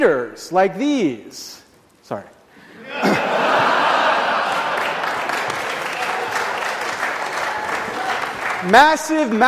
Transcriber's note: laughs; applause